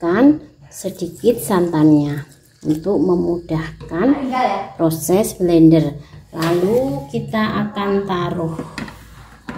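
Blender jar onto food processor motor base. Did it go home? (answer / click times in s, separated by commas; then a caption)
yes / 9.5 s. Someone talks as a glass blender jar filled with corn, sugar and coconut milk is set onto the motor base of a food processor. A sharp click at 9.5 s marks the jar seating onto the base.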